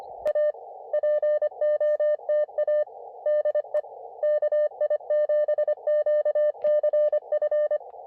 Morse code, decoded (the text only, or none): A POTA DE KI7QCF